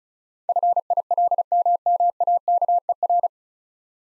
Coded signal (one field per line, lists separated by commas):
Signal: Morse code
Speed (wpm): 36 wpm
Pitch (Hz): 700 Hz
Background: none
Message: FILMMAKER